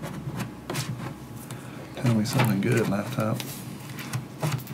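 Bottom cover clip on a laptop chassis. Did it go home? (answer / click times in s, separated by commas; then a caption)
released / 4.1 s. A plastic pick is worked in at the corner of the bottom cover on an ASUS ROG GL704GW Strix Scar II laptop to pop the first retaining clip. Small scraping ticks are heard while someone talks. The clip releases with an audible click at 4.1 s, and the bottom panel pops open.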